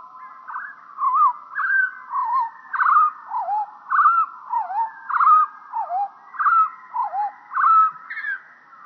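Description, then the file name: European pied flycatcher song, lowered in pitch, a regular series of swooping, looping whistles. "GOBEMOUCHE NOIR"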